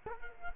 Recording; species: mosquito wingbeat signal from an infrared sensor; Culex quinquefasciatus